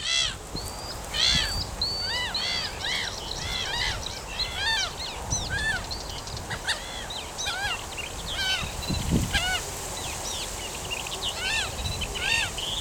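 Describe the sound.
Black-headed gull calls, many harsh arching cries repeated rapidly and overlapping, over a steady rushing background noise.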